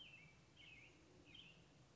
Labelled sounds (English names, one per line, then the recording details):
American Robin
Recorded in Sonoma County, California